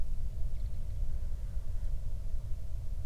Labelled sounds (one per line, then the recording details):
wind
insects
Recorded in the Prudhoe Bay oil fields, Alaska, on 31 July 2019 at 08:41
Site 24